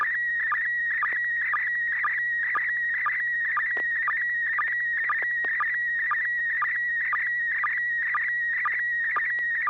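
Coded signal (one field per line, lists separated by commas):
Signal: SSTV (slow-scan television)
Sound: warbling high tone scanning steadily, with a short lower chirp about twice a second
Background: low hum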